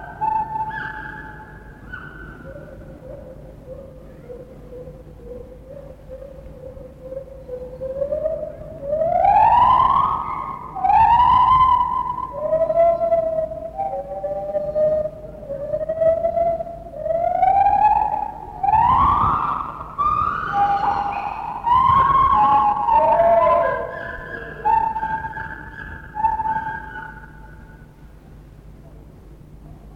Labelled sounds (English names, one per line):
Lar Gibbon